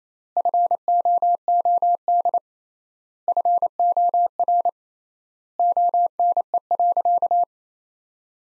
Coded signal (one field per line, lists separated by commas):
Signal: Morse code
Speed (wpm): 28 wpm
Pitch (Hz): 700 Hz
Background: none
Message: FOOD FOR ONE.